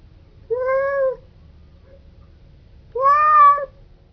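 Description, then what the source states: Cat giving two clear, tonal meows, the second longer and louder, with a soft low hum between them. Hungry cat.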